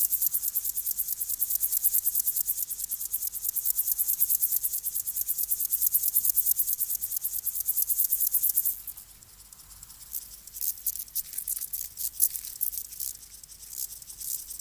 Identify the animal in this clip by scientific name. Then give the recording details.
Chorthippus apricarius. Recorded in the wild. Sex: male. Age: imago. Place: Berlin, OT Blankenfelde, Berlin, DE. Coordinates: 52.625, 13.3917. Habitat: field path. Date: 1983-08-27 11:24. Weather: sunny, 20°C. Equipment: Nagra SN (Automatic), Sennheiser MKH 416 T, Kopie Uher 4000 Report Monitor. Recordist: Tembrock, Günter